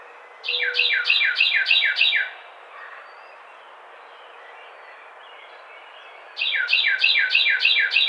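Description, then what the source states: Carolina wren song repeated twice, each a ringing series of five or six quick descending two-part notes, with a quiet gap of about four seconds between phrases. Recorded 2009-04-11.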